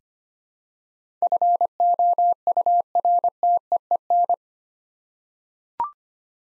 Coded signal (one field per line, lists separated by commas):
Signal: Morse code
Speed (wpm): 25 wpm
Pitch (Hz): 700 Hz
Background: none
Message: FOURTEEN